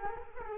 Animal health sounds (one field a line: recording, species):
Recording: mosquito wingbeat signal from an infrared sensor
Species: Culex quinquefasciatus